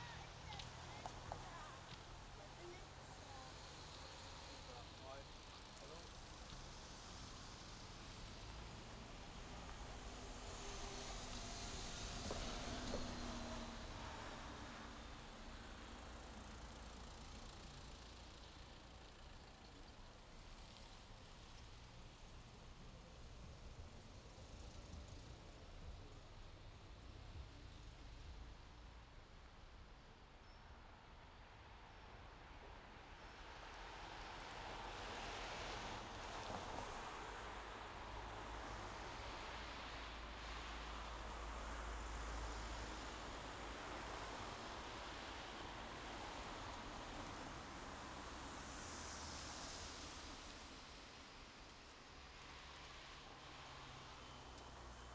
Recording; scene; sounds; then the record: everyday scene through a hearing-aid microphone; in traffic; traffic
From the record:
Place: main road on the outskirts, rush hour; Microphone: in the ear canal, left